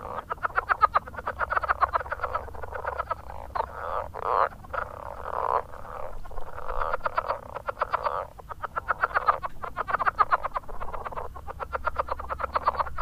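Southern leopard frog chuckling in rapid trains of clicking pulses, several bursts broken by short gaps, with a grating, rattling quality throughout.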